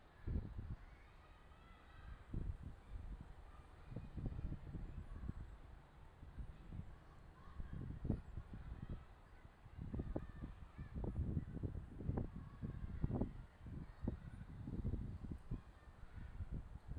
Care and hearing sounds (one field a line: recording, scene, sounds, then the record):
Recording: everyday scene through a hearing-aid microphone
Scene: wind on the microphone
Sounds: gentle breeze, voices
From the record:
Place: parking lot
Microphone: in the ear canal, left